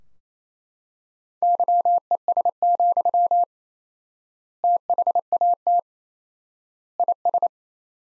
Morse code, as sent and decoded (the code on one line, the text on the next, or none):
-.-- . ... --..-- / - .... .- - / .. ...
YES, THAT IS